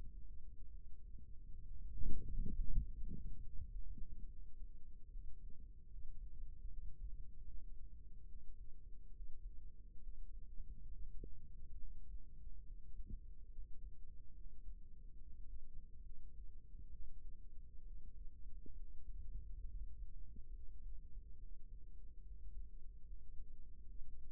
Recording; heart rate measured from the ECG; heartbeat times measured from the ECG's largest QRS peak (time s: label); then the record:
heart sounds by microphone in the right ear; 70 bpm
0.69 s: heartbeat
1.60 s: heartbeat
2.52 s: heartbeat
3.40 s: heartbeat
4.26 s: heartbeat
5.08 s: heartbeat
5.87 s: heartbeat
6.66 s: heartbeat
7.44 s: heartbeat
8.24 s: heartbeat
9.10 s: heartbeat
9.98 s: heartbeat
10.87 s: heartbeat
11.75 s: heartbeat
12.62 s: heartbeat
13.48 s: heartbeat
14.32 s: heartbeat
15.15 s: heartbeat
16.01 s: heartbeat
16.89 s: heartbeat
17.82 s: heartbeat
18.74 s: heartbeat
19.64 s: heartbeat
20.50 s: heartbeat
21.36 s: heartbeat
22.21 s: heartbeat
23.03 s: heartbeat
23.84 s: heartbeat
From the record:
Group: healthy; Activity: rest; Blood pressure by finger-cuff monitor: 134/64 mmHg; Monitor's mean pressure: 84 mmHg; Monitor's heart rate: 70 bpm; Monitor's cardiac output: 6.4 L/min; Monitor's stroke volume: 92 mL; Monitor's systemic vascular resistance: 970 dyn s/cm5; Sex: female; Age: 37 years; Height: 168 cm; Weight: 70 kg